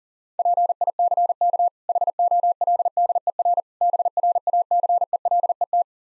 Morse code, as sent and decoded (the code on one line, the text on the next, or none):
.--. .. -.-. -.- / .... --- .-.. -.. . .-. / -... .-. .- -.-. . .-.. . -
PICK HOLDER BRACELET